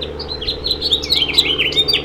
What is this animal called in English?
House Finch